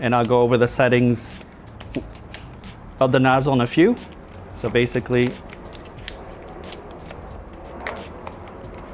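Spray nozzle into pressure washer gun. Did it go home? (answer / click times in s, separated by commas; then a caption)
no / none. Someone talks while handling the spray nozzle at the front of the pressure gun of a Fanttik NB8 Fold cordless pressure washer, with brief sharp handling taps between the words. The nozzle twist-locks onto the gun, but the clip ends before it goes home, so nothing has seated or clicked yet.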